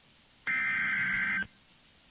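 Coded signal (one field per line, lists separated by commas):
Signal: Emergency Alert System (SAME) tones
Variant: header bursts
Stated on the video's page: Fire warning alert tones broadcast by NOAA weather radio station, relayed by the National Weather Service.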